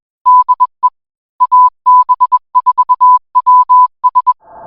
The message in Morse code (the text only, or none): DE AB4WS